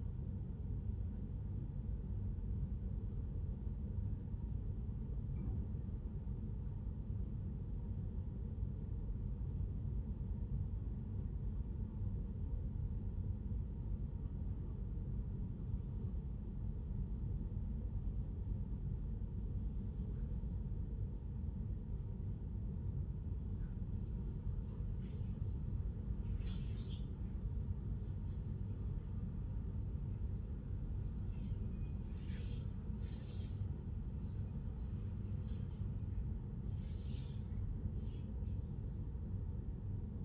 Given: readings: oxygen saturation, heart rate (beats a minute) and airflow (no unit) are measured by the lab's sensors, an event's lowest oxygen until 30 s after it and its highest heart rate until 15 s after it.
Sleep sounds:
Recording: a person awake in a sleep study, by a smartphone at the bedside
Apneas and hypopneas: none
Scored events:
0.00-40.24 s: awake
From the record:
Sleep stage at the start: awake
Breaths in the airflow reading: 11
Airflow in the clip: -0.6 to 0.7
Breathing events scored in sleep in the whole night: 131 in 7.2 hours asleep

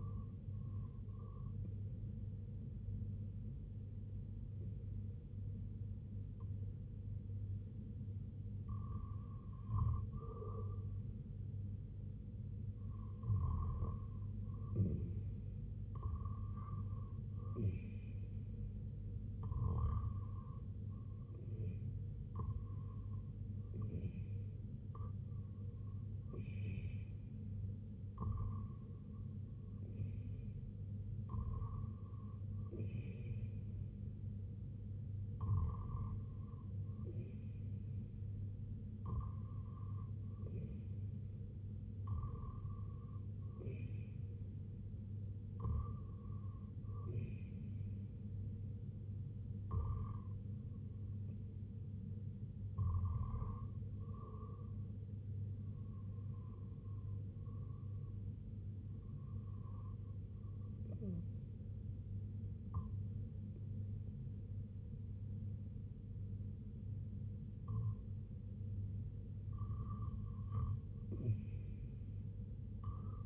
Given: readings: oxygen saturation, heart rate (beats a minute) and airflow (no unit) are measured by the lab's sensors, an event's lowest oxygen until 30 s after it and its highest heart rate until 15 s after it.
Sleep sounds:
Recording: breathing in sleep by a smartphone at the bedside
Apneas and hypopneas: none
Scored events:
none scored
From the record:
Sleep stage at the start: REM sleep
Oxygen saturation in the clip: 94 to 97%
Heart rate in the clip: 67 to 77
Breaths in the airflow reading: 15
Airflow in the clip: -7.4 to 4.5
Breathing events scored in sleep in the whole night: 258 in 7.4 hours asleep

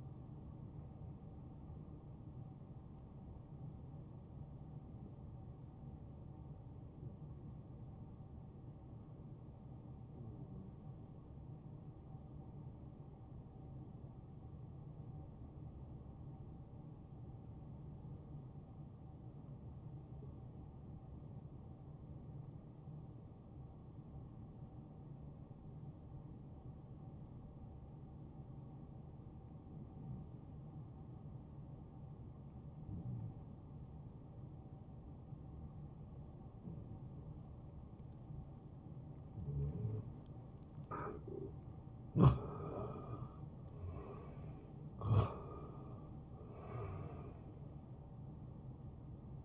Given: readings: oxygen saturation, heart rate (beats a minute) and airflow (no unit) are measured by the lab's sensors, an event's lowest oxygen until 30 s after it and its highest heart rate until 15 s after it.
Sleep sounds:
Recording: breathing in sleep by a smartphone at the bedside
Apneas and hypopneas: 1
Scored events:
10.00-40.90 s: hypopnea (N1, oxygen 94% highest, then 87% lowest, heart rate 69 at the start, 74 highest)
25.00-49.45 s: new sleep stage, N2 (light sleep)
From the record:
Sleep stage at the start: N1 (lightest sleep)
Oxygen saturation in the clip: 87 to 94%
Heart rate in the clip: 61 to 77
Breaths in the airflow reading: 5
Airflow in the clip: -10.0 to 6.3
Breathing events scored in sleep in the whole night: 263 in 5.5 hours asleep

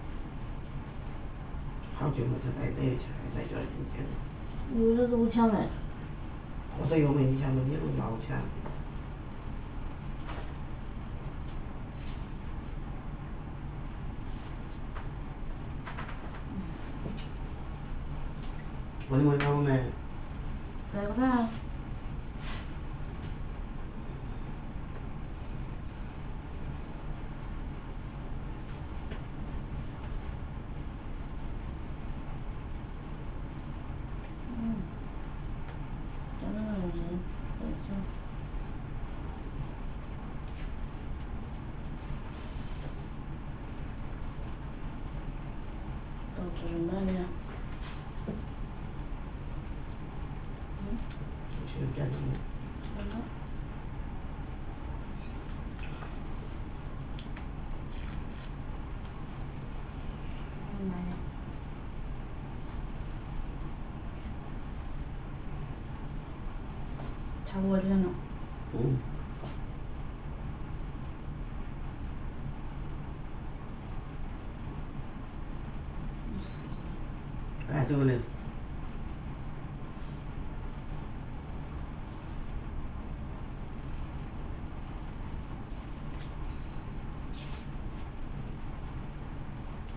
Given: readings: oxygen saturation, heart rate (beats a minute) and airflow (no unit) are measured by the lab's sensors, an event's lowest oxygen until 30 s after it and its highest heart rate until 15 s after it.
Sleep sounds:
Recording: a person awake in a sleep study, by a smartphone at the bedside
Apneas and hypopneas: none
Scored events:
0.00-89.96 s: awake
0.00-89.96 s: awake
From the record:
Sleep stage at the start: awake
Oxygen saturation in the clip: 93 to 96%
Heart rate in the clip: 70 to 76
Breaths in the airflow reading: 36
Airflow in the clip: -0.9 to 1.2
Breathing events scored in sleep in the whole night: 328 in 6.3 hours asleep

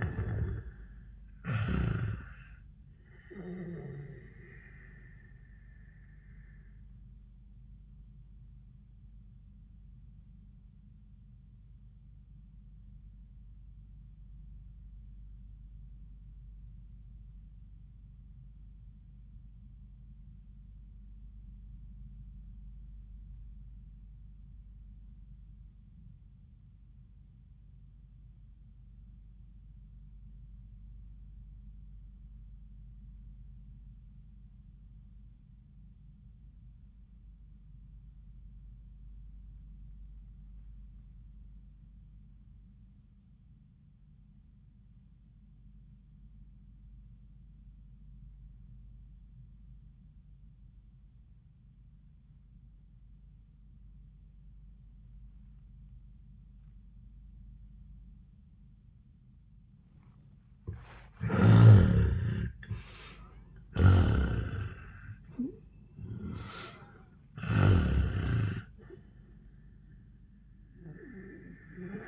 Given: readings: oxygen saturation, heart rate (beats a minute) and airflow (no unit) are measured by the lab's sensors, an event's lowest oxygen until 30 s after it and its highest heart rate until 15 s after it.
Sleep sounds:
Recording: breathing in sleep by a smartphone at the bedside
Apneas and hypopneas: 1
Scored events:
1.00-31.00 s: new sleep stage, N1 (lightest sleep)
5.00-61.40 s: obstructive apnea (N1, oxygen 95% highest, then 62% lowest, heart rate 87 at the start, 99 highest)
31.00-61.00 s: new sleep stage, REM sleep
61.00-72.08 s: new sleep stage, N1 (lightest sleep)
From the record:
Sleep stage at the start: REM sleep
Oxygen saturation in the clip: 65 to 95%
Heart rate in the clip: 64 to 99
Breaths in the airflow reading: 3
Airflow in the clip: -30.8 to 16.2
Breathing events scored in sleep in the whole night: 400 in 8.7 hours asleep

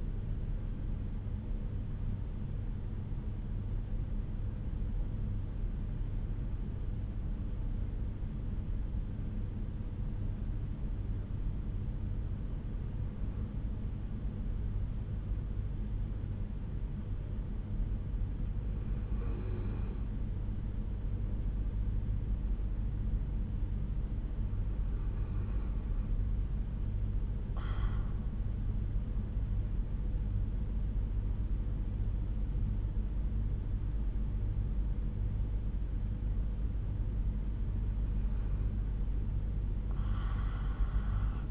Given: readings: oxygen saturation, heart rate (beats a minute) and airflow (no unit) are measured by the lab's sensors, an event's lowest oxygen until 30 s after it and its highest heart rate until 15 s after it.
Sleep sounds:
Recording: breathing in sleep by a smartphone at the bedside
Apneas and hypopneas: 1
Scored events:
6.00-36.90 s: hypopnea (N1, oxygen 97% highest, then 94% lowest, heart rate 69 at the start, 77 highest)
From the record:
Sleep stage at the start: N1 (lightest sleep)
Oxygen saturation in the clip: 88 to 97%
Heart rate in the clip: 68 to 73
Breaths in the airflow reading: 6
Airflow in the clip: -5.5 to 8.1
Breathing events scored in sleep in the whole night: 368 in 8.0 hours asleep

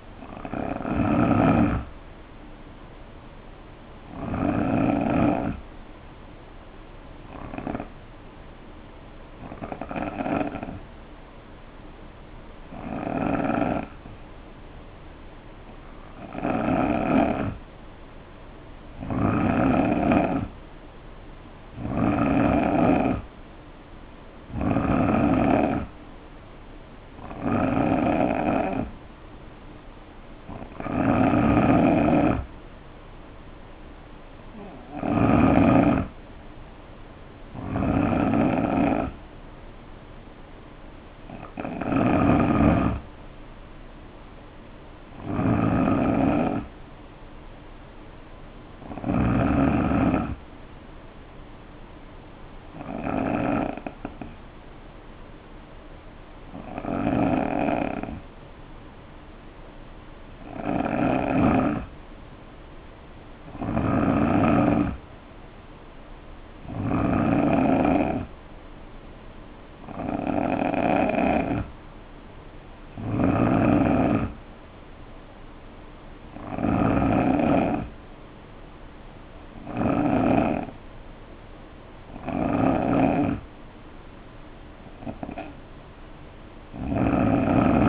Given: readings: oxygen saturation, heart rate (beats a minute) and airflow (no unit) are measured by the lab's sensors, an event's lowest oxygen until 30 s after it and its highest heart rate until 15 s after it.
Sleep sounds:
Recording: breathing in sleep by a voice recorder at the bedside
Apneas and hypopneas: 2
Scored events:
11.00-25.00 s: hypopnea (N3, oxygen 92% highest, then 86% lowest, heart rate 62 at the start, 68 highest)
52.00-65.40 s: hypopnea (N3, oxygen 91% highest, then 88% lowest, heart rate 62 at the start, 66 highest)
From the record:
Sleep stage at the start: N3 (deep sleep)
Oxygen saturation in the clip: 86 to 92%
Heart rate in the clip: 59 to 68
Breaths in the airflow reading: 26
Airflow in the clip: -5.4 to 3.9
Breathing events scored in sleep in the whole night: 520 in 7.2 hours asleep

